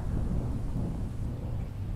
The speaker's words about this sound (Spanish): Me dijo que si lo cargaba porque la tormenta le daba miedo, porque no lo dejaba dormir.